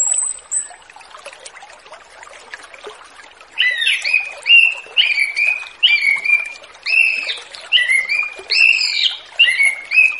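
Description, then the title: Orange-headed thrush singing a run of varied, slurred whistles and trills that flow almost continuously for several seconds, against faint background hiss. Relaxed, clear-flowing song style called ngeplong santai, used as a lure for free-flying spotted juvenile orange-headed thrushes. "Anis Kembang Ngeplong Santai , Untuk Pancingan Anis Kembang Lepas Trotol"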